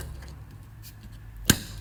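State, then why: Seated. A replacement coin battery is pushed into a Resideo Six door/window contact sensor for an ADT Command panel, following the polarity signs. After a quiet stretch with a faint tap near 0.2 s, a sharp, loud snap at 1.5 s marks the battery seating in the contact.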